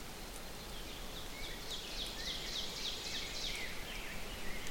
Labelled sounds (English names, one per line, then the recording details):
Ovenbird song
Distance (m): 75 m
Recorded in boreal forest in Alberta, Canada, on 6 June 2016 at 08:52
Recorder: SongMeter 3, array SBT-3-51
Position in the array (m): 242 m, 149 m
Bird 28